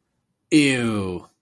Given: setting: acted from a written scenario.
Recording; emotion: vocal sound without words; disgust